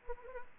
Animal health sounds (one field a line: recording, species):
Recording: mosquito wingbeat signal from an infrared sensor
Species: Anopheles arabiensis